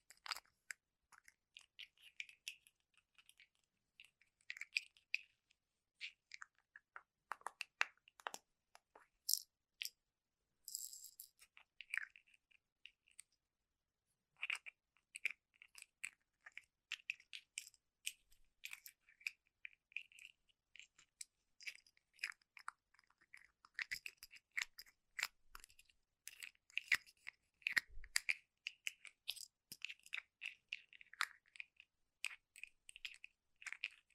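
Fingertips tap quickly and gently on Apple gadgets, boxes and cases, making dense crisp clicks with brief pauses and a few sharper knocks.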